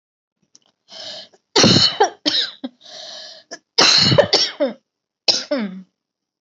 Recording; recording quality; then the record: heavy voluntary cough; excellent, no background noise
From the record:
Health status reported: healthy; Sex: female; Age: 27 years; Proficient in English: yes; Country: India